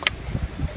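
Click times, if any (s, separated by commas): 0.1 s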